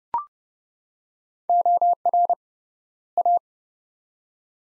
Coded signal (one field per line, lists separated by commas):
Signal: Morse code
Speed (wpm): 30 wpm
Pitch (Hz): 700 Hz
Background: none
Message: OR A